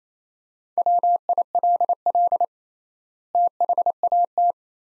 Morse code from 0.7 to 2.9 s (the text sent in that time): WILL